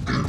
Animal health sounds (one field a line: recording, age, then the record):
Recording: pig call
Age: growing-finishing pig (85 days or more)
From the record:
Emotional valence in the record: positive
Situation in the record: run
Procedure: transit